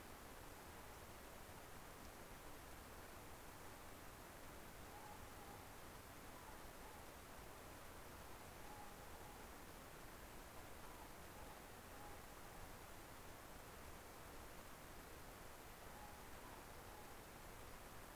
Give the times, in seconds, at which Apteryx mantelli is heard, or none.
none